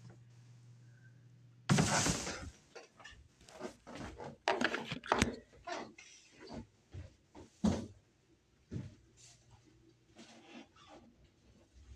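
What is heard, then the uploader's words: A low steady hum with a faint tone opens, then a sharp hissing burst like a spray cuts in near two seconds. Irregular crinkling and rustling bursts, like handling trash bags, follow unevenly until about ten seconds, when the hum returns. Spraying, wiping, and vacuuming.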